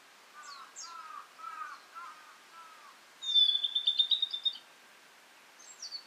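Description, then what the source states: Blue-and-white flycatcher song: a series of soft, lower slurred notes, then a loud high warbled phrase with a sustained bright whistle, and a brief phrase at the end. Recorded 18 April 2017.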